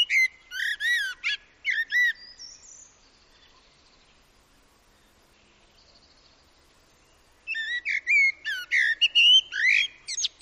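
Common blackbird delivering mellow whistled phrases with chattering high ends, a pause of about four and a half seconds, then another burst of fluting notes.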